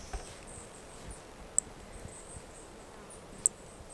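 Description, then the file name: Brachycephalus toadlet: two brief, piercing high chirps about two seconds apart, with soft high chatter and hiss behind. Two individuals (4 and 5) of an unidentified Brachycephalus species, recorded at Corcovado. "Brachycephalus sp ind 4 ind 5 Corcovado two starting notes lost"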